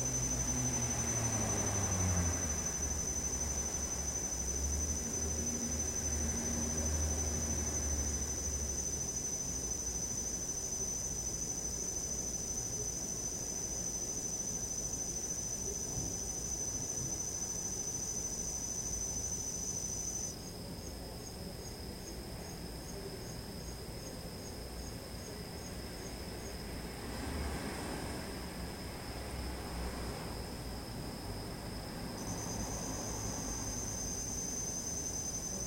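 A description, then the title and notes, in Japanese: Autumn insects sing steadily throughout, a dense, high, unbroken trill with a second chirping voice that pulses between about 20 and 27 seconds. A low rumble of a passing vehicle fills the first seven seconds, then fades into faint traffic. とある日の秋の気配。まだ晴れた昼間は暑いけど、夜は涼しくなってきました。Mic: huawei nova lite 2。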